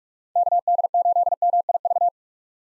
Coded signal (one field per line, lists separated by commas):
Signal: Morse code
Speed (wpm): 43 wpm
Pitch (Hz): 700 Hz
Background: none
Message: KD8MIV